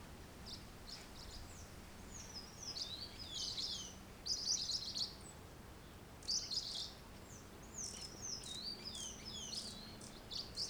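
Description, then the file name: Birds singing, bright high chirps and quick twittering phrases in bursts, with a soft wind rush and a low hum underneath. Rural site ambience with wind in the trees. "Ambiencia sitio com passaros, ventando nas arvores e moto passa longe"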